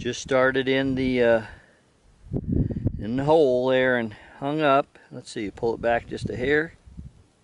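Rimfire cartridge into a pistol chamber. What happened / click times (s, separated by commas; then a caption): The part was handled and pulled back but had not yet seated / none. Someone talks while handling a KelTec PMR 30 pistol fitted with a new red dot sight, with a rimfire cartridge hung up at the chamber mouth after a malfunction. To clear it, the slide is pulled back just slightly, and a short burst of faint handling clatter is heard around 2.4–2.9 s between the talk. Nothing has seated or clicked into the chamber yet.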